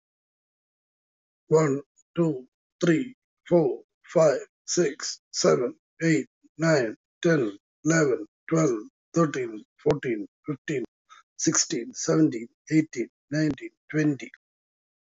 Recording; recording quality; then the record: counting at a normal pace; excellent, no background noise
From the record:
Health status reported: healthy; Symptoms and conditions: hypertension, diabetes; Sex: male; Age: 59 years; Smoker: not ticked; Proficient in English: yes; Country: India